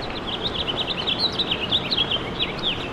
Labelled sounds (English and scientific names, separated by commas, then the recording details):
House Finch (Haemorhous mexicanus) song
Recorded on Long Island, New York, on 21 March 2012
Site FL
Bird B